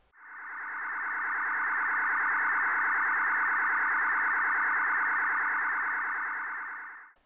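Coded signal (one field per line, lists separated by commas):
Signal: modem data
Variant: MPT 1327 control channel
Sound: steady rapid warbling data buzz, constant loudness, about seven seconds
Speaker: mpt 13 1327 is an industry standard for trunk radio communication networks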